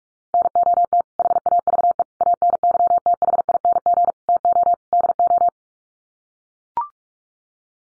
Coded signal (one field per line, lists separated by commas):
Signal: Morse code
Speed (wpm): 44 wpm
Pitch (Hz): 700 Hz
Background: none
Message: NOT HAVE ANYTHING TO DO